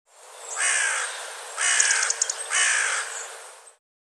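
Bird giving three grating caws in a row, about a second apart, with a few faint clicks during the middle call.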